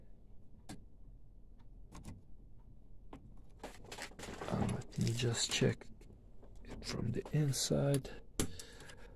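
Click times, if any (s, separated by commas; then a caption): 8.4 s. A part is fitted onto the encoder inside a DTG printer built on an inkjet printer and pressed home, with scattered small taps and handling noises while someone talks. A sharp click at 8.4 s shows the part has seated in place.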